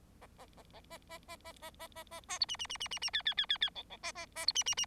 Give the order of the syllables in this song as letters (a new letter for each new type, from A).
A A A A A A A A A A A A A B C C C C C C D D D D D E E A A A B C C C